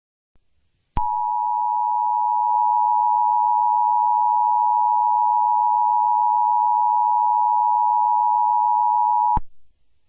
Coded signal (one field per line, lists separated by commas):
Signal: Emergency Alert System (SAME) tones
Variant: 853 and 960 Hz attention tone